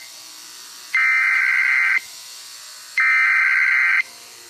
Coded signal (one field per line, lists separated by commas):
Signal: Emergency Alert System (SAME) tones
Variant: header bursts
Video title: 1990 Canada EAS Alarm